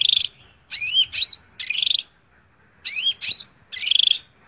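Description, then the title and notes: Greater green leafbird song with rasping chatters alternating with bright, swooping whistled notes in short, rapid phrases. Song recording meant as tutor audio (masteran) for training cucak ijo cage birds. "Suara Burung Cucak Ijo. mantap buat masteran burung cak ijo"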